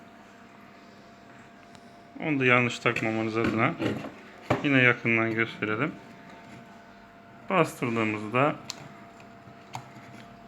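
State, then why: Seated. A memory module is pressed down into a motherboard DIMM slot until the plastic retention clips on both sides snap closed. Someone talks through most of the clip, then a short sharp click is heard at 9.7 s as the latches lock the RAM in on both sides, showing it is seated.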